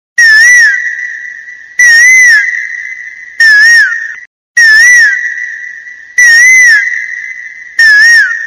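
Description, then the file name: Asian koel call, a loud wavering whistled note repeated roughly every one and a half seconds, six times, with a harsh, distorted edge. "Koyal Bird"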